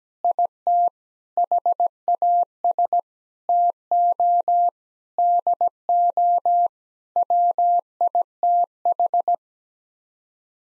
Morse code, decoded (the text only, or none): IT HAS TO DO WITH